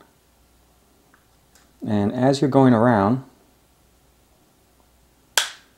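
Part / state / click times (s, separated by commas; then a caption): phone back cover clip in the phone frame / released / 5.4 s. A pick is worked around the edge of a phone's plastic back cover to release it from the frame while someone talks. At 5.4 seconds, one of the snap clips holding the cover in the frame lets go with a sharp pop, and the back cover clip is released.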